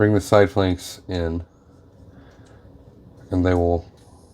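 Someone talks while handling the plastic side flank panels of a ModFans AL01T Ruller transforming robot figure (Masterpiece Transformers Autobot Roller), bringing them in toward the chest. Between the bursts of talk there is only a quiet, low background hum. Nothing has seated or clicked yet.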